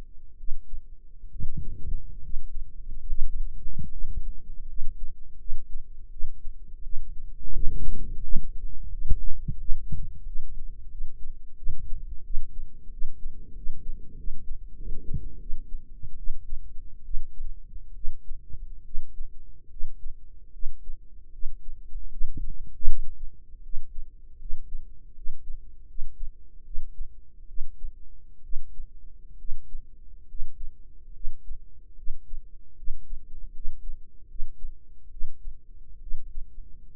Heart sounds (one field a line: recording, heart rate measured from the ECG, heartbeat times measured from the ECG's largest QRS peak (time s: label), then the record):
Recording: heart sounds by microphone in the right ear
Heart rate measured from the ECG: 77 bpm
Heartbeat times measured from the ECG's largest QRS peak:
0.35 s: heartbeat
1.29 s: heartbeat
2.19 s: heartbeat
3.05 s: heartbeat
3.89 s: heartbeat
4.65 s: heartbeat
5.36 s: heartbeat
6.08 s: heartbeat
6.81 s: heartbeat
7.51 s: heartbeat
8.20 s: heartbeat
8.89 s: heartbeat
9.56 s: heartbeat
10.23 s: heartbeat
10.88 s: heartbeat
11.54 s: heartbeat
12.21 s: heartbeat
12.88 s: heartbeat
13.52 s: heartbeat
14.14 s: heartbeat
14.74 s: heartbeat
15.37 s: heartbeat
16.15 s: heartbeat
17.02 s: heartbeat
17.92 s: heartbeat
18.82 s: heartbeat
19.67 s: heartbeat
20.50 s: heartbeat
21.30 s: heartbeat
22.08 s: heartbeat
22.85 s: heartbeat
23.60 s: heartbeat
24.37 s: heartbeat
25.13 s: heartbeat
25.85 s: heartbeat
26.62 s: heartbeat
27.45 s: heartbeat
28.41 s: heartbeat
29.36 s: heartbeat
30.25 s: heartbeat
31.11 s: heartbeat
31.94 s: heartbeat
32.74 s: heartbeat
33.51 s: heartbeat
34.25 s: heartbeat
35.08 s: heartbeat
35.98 s: heartbeat
36.90 s: heartbeat
From the record:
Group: healthy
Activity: rest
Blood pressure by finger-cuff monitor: 123/70 mmHg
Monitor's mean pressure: 87 mmHg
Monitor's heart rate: 76 bpm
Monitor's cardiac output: 7.1 L/min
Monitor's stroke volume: 91 mL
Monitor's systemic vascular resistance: 900 dyn s/cm5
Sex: female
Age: 23 years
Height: 160 cm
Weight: 50.4 kg